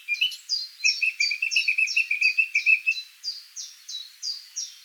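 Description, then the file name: Eurasian blackcap: evenly repeated high chips, about three per second, with a lower rolling run of notes beneath them early on. "Sylvia atricapilla"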